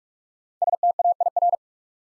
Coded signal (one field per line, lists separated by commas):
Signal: Morse code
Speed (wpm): 44 wpm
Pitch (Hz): 700 Hz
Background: none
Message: STAIR